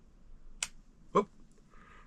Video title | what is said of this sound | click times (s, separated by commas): New GoPro 13 Magnetic Door & comparison | but you heard a snap as you can see fits in there real nice | 0.6 s